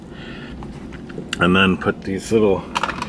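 Small plastic screw covers are handled at the headliner trim piece (roof-light or grab-handle trim) of a 2017 VW Sportwagen during a front panoramic roof drain fix, while someone talks. Faint taps come early on and a few short, sharp plastic sounds come near the end, around 2.8 to 3.1 seconds. Nothing has seated or clicked into place yet.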